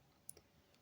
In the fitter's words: again you have to be careful to listen for the clicking sound